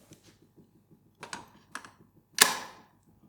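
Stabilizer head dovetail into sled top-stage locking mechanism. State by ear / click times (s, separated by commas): seated / 2.4 s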